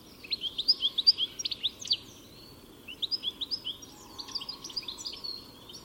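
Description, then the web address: Bird chirps, high and clipped, come in quick irregular runs of about two or three per second, over a faint hum. "cianscape birddata Deverinetal 2025 Bird Only Ca Ca Ca Ca"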